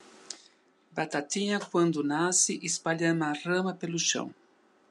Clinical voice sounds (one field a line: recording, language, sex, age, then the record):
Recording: short text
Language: Brazilian Portuguese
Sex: male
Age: 60 to 69 years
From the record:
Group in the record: control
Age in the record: 65 years